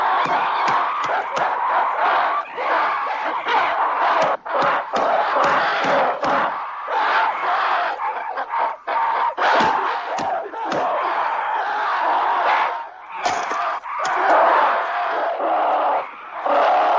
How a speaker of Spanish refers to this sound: El líder de los homínidos armados emite gritos de victoria y la tribu vencida se bate en retirada.